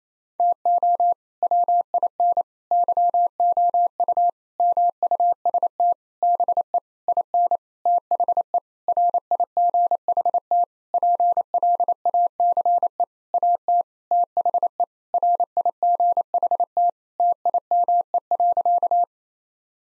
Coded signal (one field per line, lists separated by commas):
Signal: Morse code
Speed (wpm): 28 wpm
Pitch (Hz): 700 Hz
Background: none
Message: TO WIN YOU MUST BE IN THE RIGHT PLACE AT THE RIGHT TIME.